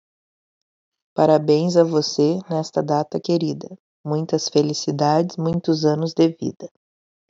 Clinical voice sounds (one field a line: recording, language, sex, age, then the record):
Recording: short text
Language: Brazilian Portuguese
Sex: female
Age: 30 to 39 years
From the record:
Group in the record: control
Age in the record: 39 years